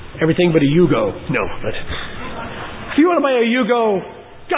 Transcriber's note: laughter